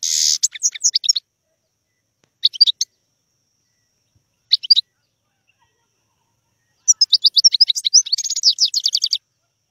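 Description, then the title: European goldfinch song of twittering phrases separated by pauses, ending in a long run of rapid liquid twitters and buzzes. "اجمل غناءالحسون الخلويchant chardonneret sauvage collection"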